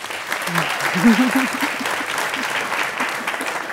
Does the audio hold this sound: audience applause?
yes